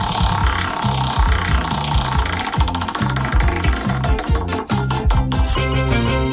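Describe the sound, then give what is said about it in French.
A prize wheel spins with a rapid, steady ratcheting clatter of loud mechanical clicks that keeps up for several seconds, with no one speaking over it. “tu fais tourner la roue.”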